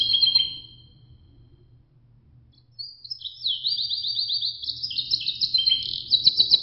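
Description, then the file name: Canary gives a brief trill, falls silent for about two seconds, then resumes with fast rolling high trills. "suara sangerxkenarirusia"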